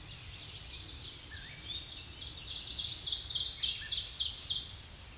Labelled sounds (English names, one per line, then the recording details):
Ovenbird song
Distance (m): 15 m
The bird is about 5 m above the microphone
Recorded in a Pennsylvania forest on 16 May 2024 at 06:53
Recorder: AudioMoth, point MSD-2376
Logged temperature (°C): 16.7 °C
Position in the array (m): 137 m, 8 m